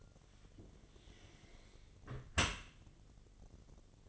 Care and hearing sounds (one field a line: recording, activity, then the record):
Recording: daily activity, microphone in the room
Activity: close dishwasher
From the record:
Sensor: 4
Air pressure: 1007.5 hPa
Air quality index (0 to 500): 200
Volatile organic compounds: 7 ppm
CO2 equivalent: 1999 ppm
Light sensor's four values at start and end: 22/70/27/26 and 22/71/27/26